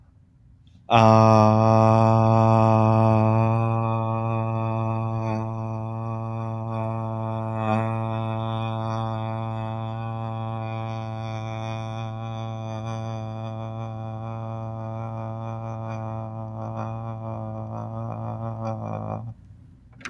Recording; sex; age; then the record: vowel held as long as possible; male; 20 to 29 years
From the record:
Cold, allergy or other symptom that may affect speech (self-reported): no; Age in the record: 22 years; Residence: Tennessee, United States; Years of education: 12